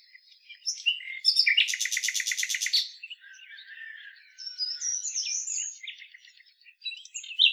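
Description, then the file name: Common nightingale song: a short burst of very rapid, evenly repeated clicking notes, followed by softer varied chattering and whistled phrases. "Luscinia megarhynchos"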